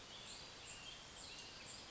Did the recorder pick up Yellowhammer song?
no